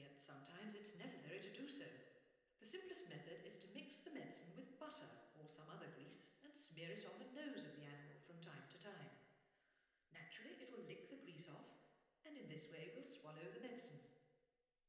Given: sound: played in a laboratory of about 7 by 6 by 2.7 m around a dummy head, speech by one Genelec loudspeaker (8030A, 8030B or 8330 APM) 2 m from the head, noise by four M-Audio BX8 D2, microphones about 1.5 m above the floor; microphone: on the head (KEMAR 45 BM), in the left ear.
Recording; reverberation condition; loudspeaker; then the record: female speech in English; high; 60 degrees to the left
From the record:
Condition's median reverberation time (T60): about 1300 ms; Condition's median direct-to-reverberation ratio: about -4.0 dB